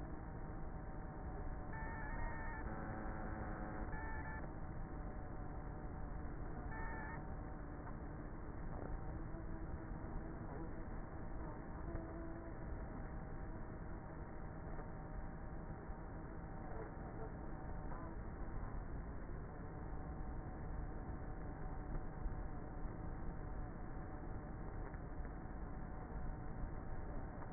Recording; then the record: honeybee colony, microphone inside the hive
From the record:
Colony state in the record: queenless with a low population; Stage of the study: before two queens were removed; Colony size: about 30,000 bees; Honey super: no